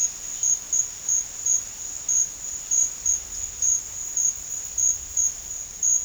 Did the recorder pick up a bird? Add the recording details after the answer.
no. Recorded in dense forest near Puerto Asís, Putumayo, Colombia, on 4 March 2025 at 16:00. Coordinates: 0.484, -76.325. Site G045